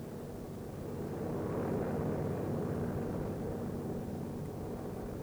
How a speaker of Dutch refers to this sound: Elke keer als er een vliegtuigje landt, staan er wel een paar mensen naast het vliegveldje te kijken.